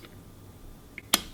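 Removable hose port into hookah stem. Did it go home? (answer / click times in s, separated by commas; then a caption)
yes / 1.1 s. A removable hose port is pushed into its opening on the metal stem of a Shishabucks Cloud hookah, a port that clicks in rather than being wedged in like silicone ones. After a faint tick at 0.0 s and a small tap at 1.0 s, a sharp, bright click at 1.1 s marks the port seating in place.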